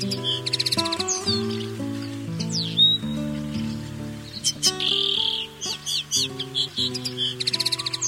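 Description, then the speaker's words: Common Linnet song: quick twittering chirps and short buzzy trills over a steady background of instrumental music. "Gartenradio. Gezwitscher. Das war der Bluthänfling."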